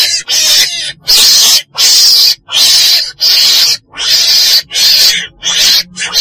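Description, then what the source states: Weasel calling with short, sharp, hissing screeches, several bursts at a fairly steady pace. Described as a black weasel (chồn đen) calling.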